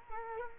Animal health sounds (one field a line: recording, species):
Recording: mosquito wingbeat signal from an infrared sensor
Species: Culex quinquefasciatus